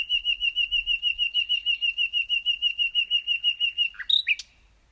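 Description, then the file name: Common nightingale singing a long, even series of many piping whistles, ending in a brief twisting flourish. "Luscinia megarhynchos"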